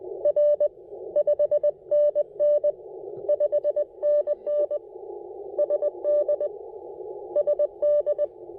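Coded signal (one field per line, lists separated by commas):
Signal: Morse code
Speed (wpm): 21 wpm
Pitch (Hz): 590 Hz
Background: none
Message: R 5NN 5NN SD SD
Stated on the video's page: QRP park activation with CW on 20 m and 30 m.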